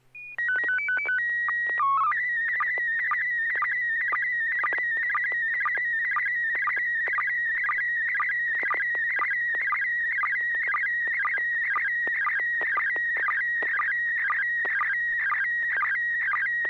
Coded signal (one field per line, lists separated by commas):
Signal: SSTV (slow-scan television)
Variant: PD 120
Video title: N6NA SSTV Net - 02/26/2025